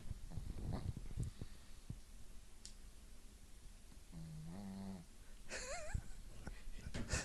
Our dog Floyd is snoring. Floyd is like a 14-year-old. He's probably 14 or 16. What is he, a Shih Tzu?